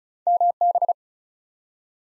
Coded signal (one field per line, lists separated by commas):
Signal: Morse code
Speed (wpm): 36 wpm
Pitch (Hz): 700 Hz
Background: none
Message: MB